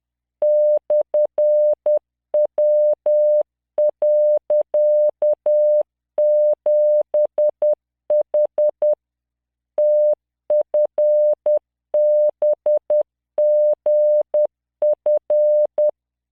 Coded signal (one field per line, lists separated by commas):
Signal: Morse code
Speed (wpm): 10 wpm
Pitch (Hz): 600 Hz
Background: none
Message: /W.7H TFBGF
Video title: tamanのモールス練習動画82（モールス信号 速度10WPM morse code)